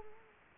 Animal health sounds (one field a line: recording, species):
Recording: mosquito wingbeat signal from an infrared sensor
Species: Culex quinquefasciatus